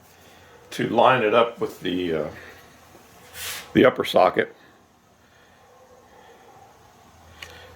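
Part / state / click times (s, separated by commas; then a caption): hood strut socket onto upper ball stud / seated / 7.4 s. Someone talks while the hood strut cylinder on a Nissan Maxima is rotated up and its socket is pressed onto the upper ball stud on the hood. A short, sharp click sounds at 7.4 seconds as the strut socket snaps onto the ball stud and seats.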